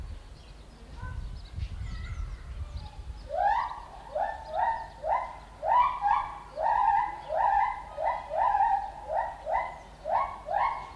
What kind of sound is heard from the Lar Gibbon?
call